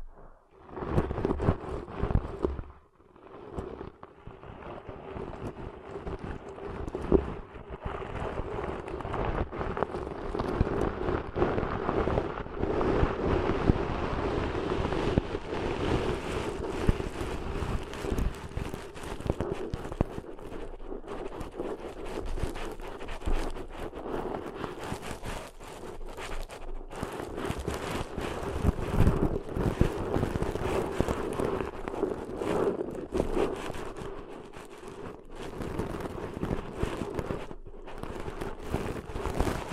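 Deep ear cleaning sounds run continuously, a dense rubbing and scraping with a steady low hum and frequent crackly clicks. The texture stays busy throughout, with brief drops in level near the start and around the middle, and gets slightly brighter after about fifteen seconds.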